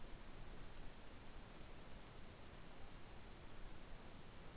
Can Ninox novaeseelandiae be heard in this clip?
no